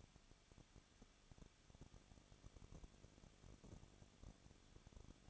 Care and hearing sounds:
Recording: daily activity, microphone in the room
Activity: no activity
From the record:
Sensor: 4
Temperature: 23.1 degrees Celsius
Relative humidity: 34.1%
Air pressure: 1007.2 hPa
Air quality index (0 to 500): 214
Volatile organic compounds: 14 ppm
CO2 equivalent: 2470 ppm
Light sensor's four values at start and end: 2/3/1/1 and 2/3/1/1

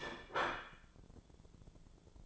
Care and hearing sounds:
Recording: daily activity, microphone in the room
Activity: place plate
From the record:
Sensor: 5

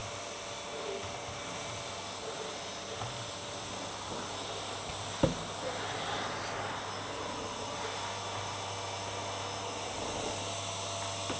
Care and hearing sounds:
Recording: daily activity, microphone in the room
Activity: vacuum cleaning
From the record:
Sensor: 3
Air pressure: 1007.7 hPa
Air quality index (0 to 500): 49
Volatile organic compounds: 1 ppm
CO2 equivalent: 576 ppm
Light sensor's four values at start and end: 10/24/10/10 and 9/22/9/9

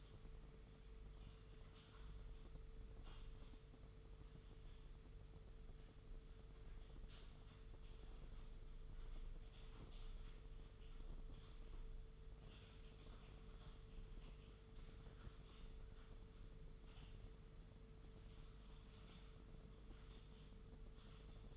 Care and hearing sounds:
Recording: daily activity, microphone in the room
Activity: typing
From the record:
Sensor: 4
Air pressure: 995.3 hPa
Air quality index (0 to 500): 198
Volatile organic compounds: 141 ppm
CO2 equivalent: 3981 ppm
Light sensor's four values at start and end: 11/26/10/11 and 10/25/10/11

